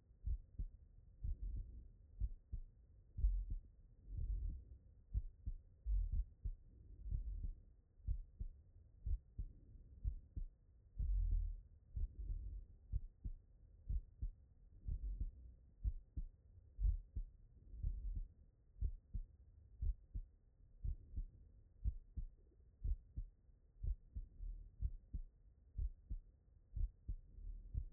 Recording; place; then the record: heart sounds by stethoscope; tricuspid valve (TV)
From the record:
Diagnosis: non-HFrEF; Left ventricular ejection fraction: 65%